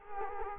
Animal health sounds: mosquito wingbeat signal from an infrared sensor; Culex quinquefasciatus

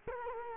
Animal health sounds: mosquito wingbeat signal from an infrared sensor; Culex quinquefasciatus

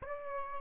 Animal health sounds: mosquito wingbeat signal from an infrared sensor; Aedes aegypti

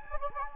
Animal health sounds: mosquito wingbeat signal from an infrared sensor; Anopheles gambiae

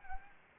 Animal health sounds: mosquito wingbeat signal from an infrared sensor; Anopheles gambiae

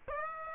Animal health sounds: mosquito wingbeat signal from an infrared sensor; Aedes aegypti

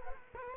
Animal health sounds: mosquito wingbeat signal from an infrared sensor; Culex quinquefasciatus

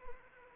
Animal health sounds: mosquito wingbeat signal from an infrared sensor; Anopheles arabiensis

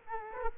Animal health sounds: mosquito wingbeat signal from an infrared sensor; Aedes aegypti

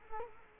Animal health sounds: mosquito wingbeat signal from an infrared sensor; Culex quinquefasciatus

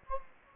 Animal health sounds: mosquito wingbeat signal from an infrared sensor; Anopheles gambiae

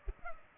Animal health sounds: mosquito wingbeat signal from an infrared sensor; Culex pipiens

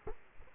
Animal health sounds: mosquito wingbeat signal from an infrared sensor; Culex quinquefasciatus

